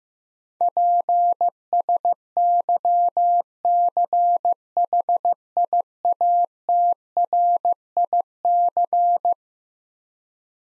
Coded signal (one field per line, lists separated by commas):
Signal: Morse code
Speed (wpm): 15 wpm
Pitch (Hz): 700 Hz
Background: none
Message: PSYCHIATRIC